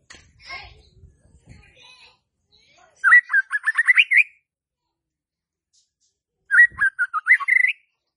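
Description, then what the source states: White-rumped shama song, two rising phrases of quick whistled notes separated by a pause, with faint soft noises and chirps before the first. Used as a lure (pancingan) for a stressed shama that has stalled (macet) in its singing.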